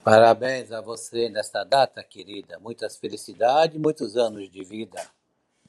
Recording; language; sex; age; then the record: short text; Brazilian Portuguese; male; 50 to 59 years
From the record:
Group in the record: control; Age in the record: 59 years